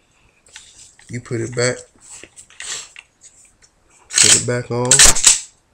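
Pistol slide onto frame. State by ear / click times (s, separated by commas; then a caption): not seated / none. Someone talks while handling the metal slide of a Beretta PX4 Storm 9mm pistol, putting it back onto the frame, with a few faint scrapes and taps between the words. The slide has not seated or clicked onto the frame yet.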